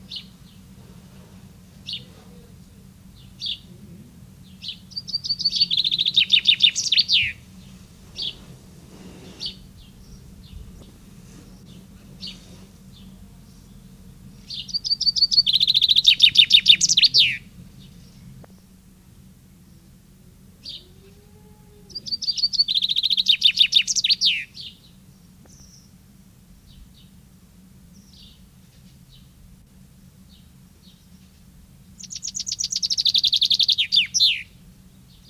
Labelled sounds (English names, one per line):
Common Chaffinch song